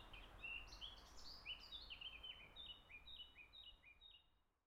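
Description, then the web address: Birds singing, rapid bright chirped notes stepping up and down, then a repeated series of short descending whistles that fades out toward the end, over low rumbling noise. Birds in the botanical garden of Gijón, Spain. "mapa SONORU 92 JARDIN BOTANICO GIJON PAJAROS Santiago Abadia"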